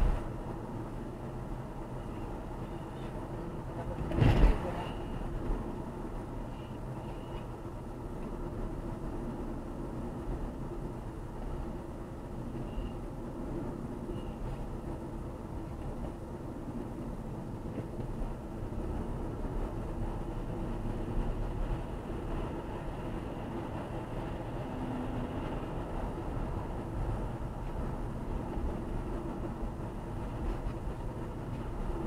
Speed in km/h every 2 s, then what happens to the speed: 63, 64, 61, 59, 55, 54, 52, 53, 53, 58, 60, 61, 66, 67, 63, 63.
0-11 slows to 52. 11-16 steady at about 53. 16-25 speeds up to 67. 25-32 steady at about 63.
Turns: none.